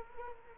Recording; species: mosquito wingbeat signal from an infrared sensor; Culex quinquefasciatus